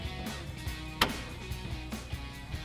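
Reaching up through the access panel of a 2009-2018 RAM 1500, an installer finds the retaining lock of an AlphaRex NOVA-Series LED projector headlight by feel and slides it down into the truck's headlight mount. Over steady background music, a single sharp hit sounds at 1.0 s, followed by a softer knock near 1.9 s. The lock snaps into place and is seated.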